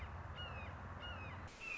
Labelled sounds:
Red-shouldered Hawk
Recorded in Sonoma County, California

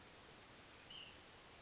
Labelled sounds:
White-breasted Nuthatch
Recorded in Sonoma County, California

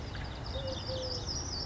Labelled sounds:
Eurasian Collared Dove
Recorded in Sonoma County, California

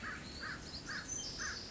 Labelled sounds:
American Crow
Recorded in Sonoma County, California

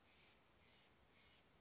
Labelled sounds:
Steller's Jay
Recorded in Sonoma County, California

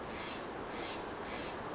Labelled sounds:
Steller's Jay
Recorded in Sonoma County, California

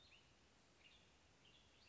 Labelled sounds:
Western Tanager
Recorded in Sonoma County, California

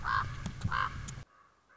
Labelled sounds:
Common Raven
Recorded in Sonoma County, California

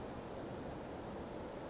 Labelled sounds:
Western Flycatcher
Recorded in Sonoma County, California

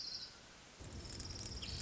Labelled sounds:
Orange-crowned Warbler
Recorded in Sonoma County, California

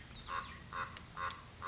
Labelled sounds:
Common Raven
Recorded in Sonoma County, California

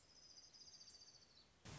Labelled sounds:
Orange-crowned Warbler
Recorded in Sonoma County, California

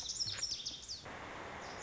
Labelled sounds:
Lazuli Bunting
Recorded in Sonoma County, California

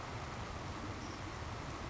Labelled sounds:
Savannah Sparrow
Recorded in Sonoma County, California

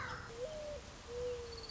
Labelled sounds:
Mourning Dove
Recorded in Sonoma County, California

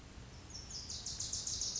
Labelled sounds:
Wilson's Warbler
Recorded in Sonoma County, California

